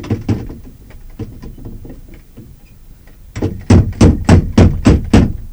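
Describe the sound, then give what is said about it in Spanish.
A heavy bronze door knocker bangs against the wooden front door of a low stone house in six loud, evenly spaced strikes, following a stretch of softer, irregular thumps and taps. “Se detuvo frente a la puerta y movió el aldabón.”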